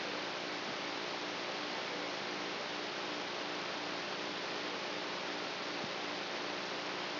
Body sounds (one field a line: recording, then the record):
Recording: brain microelectrode recording played as sound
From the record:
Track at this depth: outside the subthalamic nucleus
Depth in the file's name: -0.51 mm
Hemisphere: right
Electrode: 3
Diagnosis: Parkinson's disease